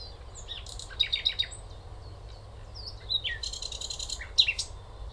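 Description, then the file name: Common nightingale singing varied phrases of high whistles, slurred notes and buzzy rattling trills, broken by short pauses, with low background rumble throughout. "Luscinia megarhynchos"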